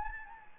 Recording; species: mosquito wingbeat signal from an infrared sensor; Anopheles gambiae